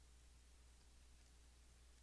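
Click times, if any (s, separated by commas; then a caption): none. A plastic scuff plate's clip is being pushed down toward a small rectangular hole in the housing while the scuff plate is refitted on a Kirby vacuum cleaner. Only a steady low hum and faint hiss are heard, with no distinct click or snap. Nothing has seated or clicked yet.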